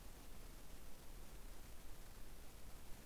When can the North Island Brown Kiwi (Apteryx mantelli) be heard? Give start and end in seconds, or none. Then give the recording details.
none. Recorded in New Zealand on 20 November 2014. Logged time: 21:29. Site CL78